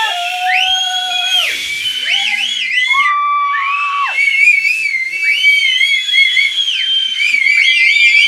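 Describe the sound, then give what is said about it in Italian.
A football crowd whistles while the opposing team takes a penalty kick: many overlapping shrill whistles, sustained and rising and falling in pitch, forming a loud continuous wall of whistling with no clear speech. “Undici, la squadra avversaria sta battendo il rigore! Gnari non devono segnare, fischiare!”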